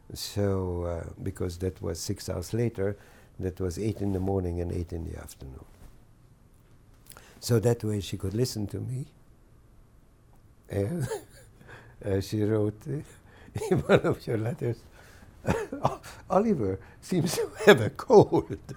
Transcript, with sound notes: So, because that was six hours later, that was eight in the morning, and eight in the afternoon. So that way, she could listen to me. [Laughs] She wrote in one of her letters, "Oliver seems to have a cold.